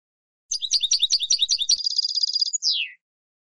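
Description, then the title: European goldfinch song: jangly chattering notes sliding into an even rapid trill, closed by a falling buzzy slur. "Jilguero"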